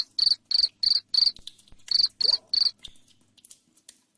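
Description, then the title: Cricket chirping, loud pulsed chirps repeated about three per second with a brief break, then stopping amid faint clicks and rustles. Loud cricket chirping used to make lovebirds sing continuously. "Suara JANGKRIK NGERIK Keras Bikin LOVEBIRD Jadi NGEKEK Terus Vubey"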